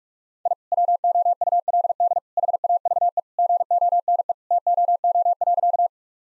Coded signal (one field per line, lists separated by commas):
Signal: Morse code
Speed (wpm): 44 wpm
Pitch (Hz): 700 Hz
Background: none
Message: I WOULD HAVE GONE TOO.